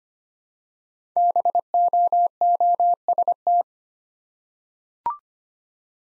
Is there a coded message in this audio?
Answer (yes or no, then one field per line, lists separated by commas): yes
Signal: Morse code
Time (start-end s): 1.2-3.6 s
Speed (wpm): 25 wpm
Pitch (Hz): 700 Hz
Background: none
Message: BOOST